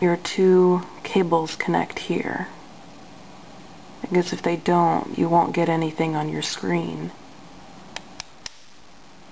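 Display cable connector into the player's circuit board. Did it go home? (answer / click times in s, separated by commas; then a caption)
yes / 8.5 s. During reassembly of a Zen Micro portable music player, the display ribbon cables are connected to their connector on the player's circuit board while someone talks. After the talking stops, three short, sharp clicks come at about 8.0, 8.2 and 8.5 seconds, and the cable connector pops into place and is seated at 8.5 seconds.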